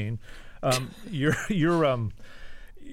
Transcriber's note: laughter